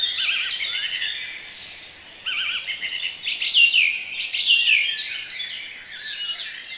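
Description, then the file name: Several birds sing at once, mixing fast warbling trills and high chirps, with a brief lull before a busier burst of song. Relaxation recording of bird sounds. "relaksacja odglosy ptakow"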